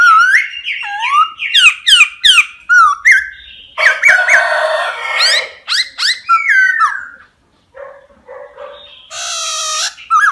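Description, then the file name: Laughingthrush song, a fast jumble of loud whistles, slurred notes and rough harsh bursts, broken by a short pause near the end. Song described as 'giong rung', wild voice style. "Tieng khuou hot giong rung"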